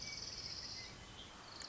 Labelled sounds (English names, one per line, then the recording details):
Orange-crowned Warbler
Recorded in Sonoma County, California